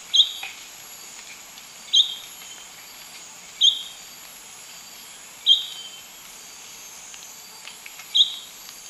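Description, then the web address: Golden-faced Tyrannulet calling: five sharp high notes, each with a brief trailing tail, at irregular intervals over a steady high hiss. Subspecies albigularis, recorded in Ecuador. "Birds of Ecuador Golden-faced Tyrannulet"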